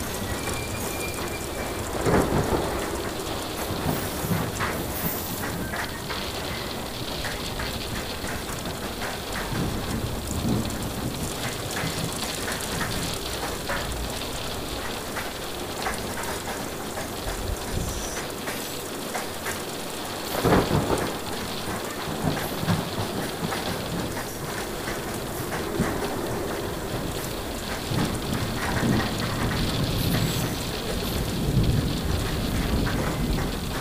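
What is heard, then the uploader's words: Steady rain hisses over a low train rumble, with brief louder bursts near 2, 10, 20 and 31 seconds, possibly rolling thunder. Soothing Train Ambience with Rain & Thunder Sounds. Immerse yourself in the tranquil sounds of a train journey accompanied by the soothing symphony of rain and distant thunder.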